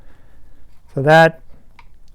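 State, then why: Released. A small plastic click-type plug on the power wire of a worn Shimano Di2 electric front derailleur is pried out of the derailleur's electrical port with a small Shimano tool. Someone talks briefly around 1.0–1.3 s, and a short, sharp click of the plug coming free is heard at 1.8 s. The click connector is released and out of the way.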